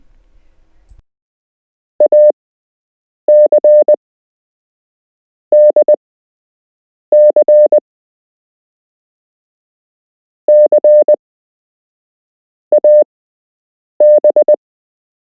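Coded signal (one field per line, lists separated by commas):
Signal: Morse code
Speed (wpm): 20 wpm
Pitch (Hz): 600 Hz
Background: none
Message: AC DC C AB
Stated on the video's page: Beginner Morse code lesson with real Morse code to learn, part 1 of 8.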